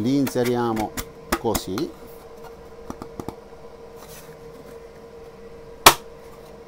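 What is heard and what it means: Someone talks while laser-cut wooden pieces of a grinder-disc and jigsaw-blade organizer, cut with a Creality CR-Falcon 10W laser engraver, are pushed into their mating slot joint. A few faint ticks come between 2.9 and 3.3 seconds, then the joint seats with a sharp, loud snap at 5.9 seconds. The parts fit together very well.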